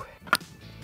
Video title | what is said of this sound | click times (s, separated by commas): Je teste une BROCHE À POULET XXL dans la nature ! | c'est bon c'est enclenché | 0.3 s